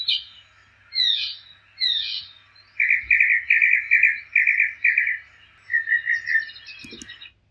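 Northern mockingbird song: a few sweeping notes, then a long series of repeated notes, ending with a quicker, softer series.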